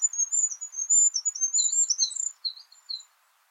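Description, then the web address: Bird chirping in a rapid jumble of very high, thin notes, then a few separated sharp chirps before falling quiet. "birddata Deverinetal 2025"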